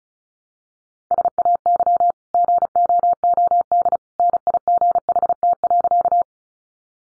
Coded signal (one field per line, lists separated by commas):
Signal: Morse code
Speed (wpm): 34 wpm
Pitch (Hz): 700 Hz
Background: none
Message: SAY GOOD NIGHT.